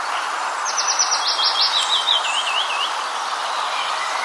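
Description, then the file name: Willow warbler song: a short cascade of clear whistled notes sliding down the scale, set against steady background hiss. "penochka vesnichka"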